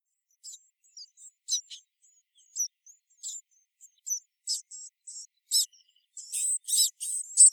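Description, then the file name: Marsh tit calls: short, very high, thin notes in scattered bursts, growing into denser, louder phrases near the end. "Poecile palustris"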